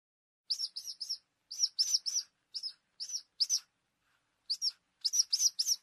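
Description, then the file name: Falcon calls: short, high, piercing notes clustered in fast little runs, a brief quiet stretch, then a denser closing series. "canto-do-falcão"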